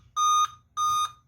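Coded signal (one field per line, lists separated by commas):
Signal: beep code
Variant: Dell laptop BIOS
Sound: two identical short electronic beeps, about a third of a second each, slightly buzzy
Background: low room hum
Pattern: 2 short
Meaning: Memory (RAM) problem suspected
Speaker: മെമ്മറി ഇഷ്യൂ ആയിരിക്കും തോന്നുന്നു.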